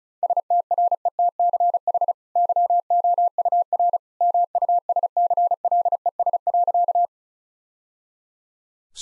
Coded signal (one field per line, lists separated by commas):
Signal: Morse code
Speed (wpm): 34 wpm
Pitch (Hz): 700 Hz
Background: none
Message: STRETCH YOUR MUSCLES.